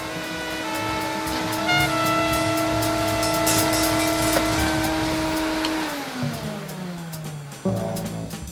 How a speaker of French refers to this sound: On passe l'aspirateur. On passe l'aspirateur dans le vallon. Au moins, l'herbe promet d'être bien propre. C'est déjà ça.